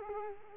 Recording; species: mosquito wingbeat signal from an infrared sensor; Culex quinquefasciatus